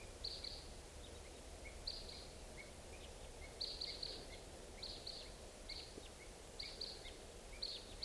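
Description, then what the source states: Red Crossbill calls: short sharp high notes given in clusters every second or so over a hiss of background noise. Type 2 call type, heard at 6:55 in the morning, birds coming around.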